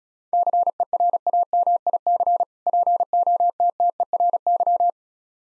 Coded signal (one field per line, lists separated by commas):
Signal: Morse code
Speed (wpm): 36 wpm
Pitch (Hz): 700 Hz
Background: none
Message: CERAMIC POTTERY